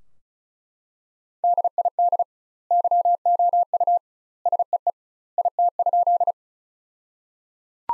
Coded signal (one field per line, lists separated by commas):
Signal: Morse code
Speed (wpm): 34 wpm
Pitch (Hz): 700 Hz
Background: none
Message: DID YOU SEE IT?